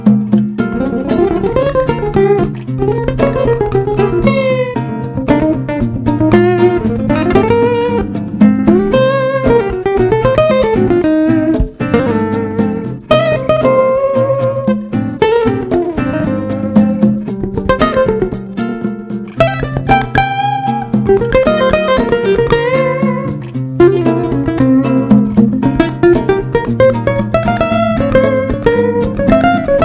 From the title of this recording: Outside A Restaurant In Brazil & Some Rain